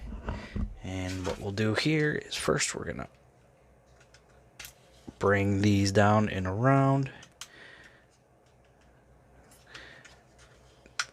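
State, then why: Seated. Someone talks while plastic leg parts of a Transformers Legacy HasLab Victory Saber (Victory Leo) transforming robot toy are swung down and around during its transformation to line mode, with light handling rustles. The plastic limb part locks into its joint with a sharp click at 11.0 s, seating in place.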